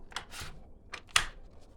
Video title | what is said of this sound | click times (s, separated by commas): BabyBond Baby Bassinet, 3 in 1 Bassinet Bedside Sleeper with Soft Mattress and Sheet | there's five there's six so if you want to just make sure it snaps in place give | 1.2 s